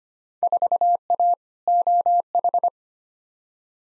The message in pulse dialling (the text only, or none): none